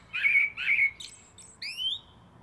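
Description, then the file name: Common blackbird giving two short whistled notes, a few faint high squeaks, then a rising whistled note. "Turdus merula"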